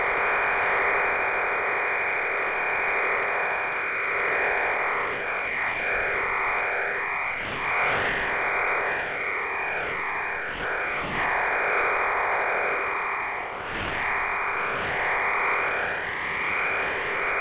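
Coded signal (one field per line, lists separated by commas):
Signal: numbers station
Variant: HM01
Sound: steady wide band of rushing digital hiss with fluttering fades, no voice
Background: shortwave fading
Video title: HM01 Cuban Numbers 30/06/2024 0730 UTC 13435kHz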